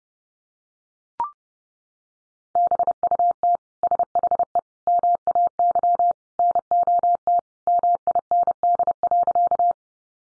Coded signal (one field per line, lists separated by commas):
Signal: Morse code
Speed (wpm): 30 wpm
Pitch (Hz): 700 Hz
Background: none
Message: BUT SHE MAY NOT MIND.